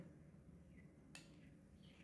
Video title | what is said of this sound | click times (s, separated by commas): Dji Ronin SC Gimble Unboxing And Setup in hindi - How to balance Dji Ronin SC gimble | देख लो यहां पर य lock हो चुका है | 1.1 s